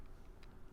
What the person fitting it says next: And that one clicked.